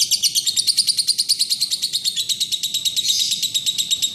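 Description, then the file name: Lovebird chatter, rapid pulsed high chirps in an unbroken run, with a brief shrill burst near the end. Golden boy lovebird; long "ngekek" chatter style. "lovebird golden boy. omkicau"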